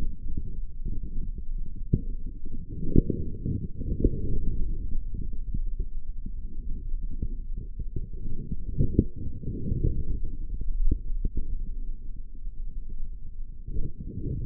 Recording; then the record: forearm muscle sounds (acoustic myography)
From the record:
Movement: forearm supination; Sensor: system 3, bracelet of six PUI Audio POM-2738L microphones around the upper forearm, with dedicated amplification and filtering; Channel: 6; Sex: male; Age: 25 years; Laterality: right